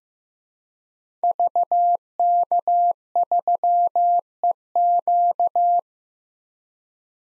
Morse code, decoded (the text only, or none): VK3EQ